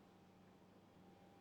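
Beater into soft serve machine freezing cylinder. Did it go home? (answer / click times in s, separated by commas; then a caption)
no / none. A beater is being lined up in the freezing cylinder of a Polar U-Series Compact soft serve ice cream machine, its triangular part aligned with the recess on the front before it is turned to click into place. Only a steady low hiss is heard, with faint humming tones near 200 Hz and 800 Hz and no sudden sounds. The beater has not clicked into place yet.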